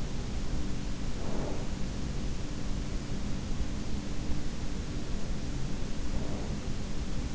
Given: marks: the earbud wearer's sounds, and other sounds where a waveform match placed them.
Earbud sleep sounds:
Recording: sounds in sleep by an in-ear microphone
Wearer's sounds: breath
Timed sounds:
0.08-1.98 s: breath
4.91-6.64 s: breath

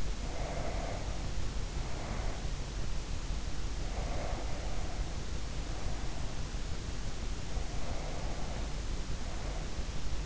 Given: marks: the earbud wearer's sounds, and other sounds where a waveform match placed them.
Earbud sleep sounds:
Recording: sounds in sleep by an in-ear microphone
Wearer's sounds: breath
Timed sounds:
0.00-2.76 s: breath
3.52-6.79 s: breath
7.41-10.26 s: breath

